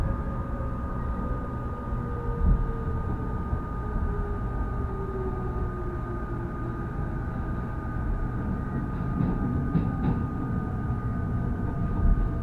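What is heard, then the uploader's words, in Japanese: A rapid train on the Uchibo Line rumbles steadily with deep low noise, a faint sustained whine, and a gently falling tone midway. 鉄道旅 内房線快速 千葉→木更津。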